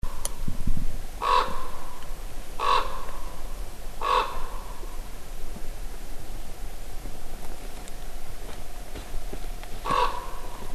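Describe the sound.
Common raven calls: three harsh, hoarse caws spaced roughly every one and a half seconds, then a pause and a final caw near the end, over steady background hiss.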